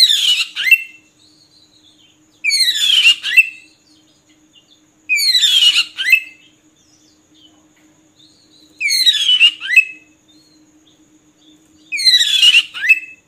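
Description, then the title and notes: Oriental magpie-robin: several short harsh, buzzy chattering bursts a few seconds apart, separated by silence. Long-duration filler (isian) song recording for training magpie-robins to sing actively (gacor) day and night. "Kacer Jadi Gacor Siang Malam. Isian Kacer Durasi Panjang"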